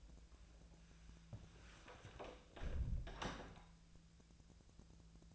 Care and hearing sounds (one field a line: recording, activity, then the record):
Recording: daily activity, microphone in the room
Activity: close door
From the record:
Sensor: 2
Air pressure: 1000.3 hPa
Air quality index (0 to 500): 170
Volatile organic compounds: 3 ppm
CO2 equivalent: 1418 ppm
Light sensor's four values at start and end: 11/26/11/12 and 11/26/11/12